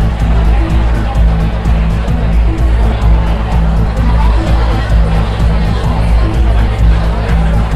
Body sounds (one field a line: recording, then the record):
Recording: background sound without coughing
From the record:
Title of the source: Party Noise 1 Hour Party Ambience